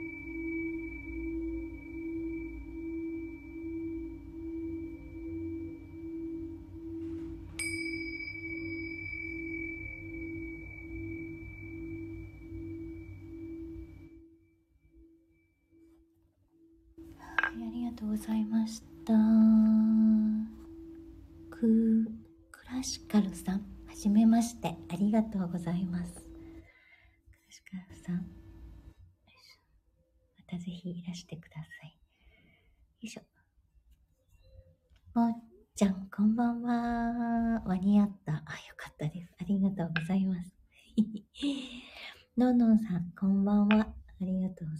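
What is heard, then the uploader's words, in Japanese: A singing bowl rings for the first fourteen seconds, a steady humming tone with a slow wavering pulse and a bright high overtone, with a light tap near seven seconds. The ringing then fades and a close voice speaks for the rest, with short pauses. メキシコから シンギングボウルのサウンドヒーリング ライブ。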